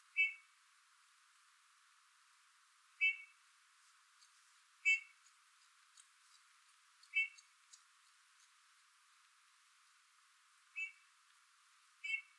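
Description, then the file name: Eurasian bullfinch calls: soft, short piping whistles given singly every one to four seconds against a faint hiss. "Pyrrhula pyrrhula"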